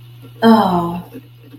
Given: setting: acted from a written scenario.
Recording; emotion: vocal sound without words; shame